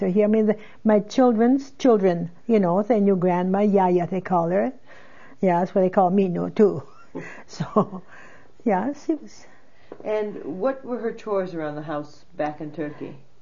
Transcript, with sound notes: I mean, my children's children, you know, their grandma, Yaya, they called her. That's what they call me now, too. ( she laughs ) So, yeah, she was.
And what were her chores around the house back in Turkey?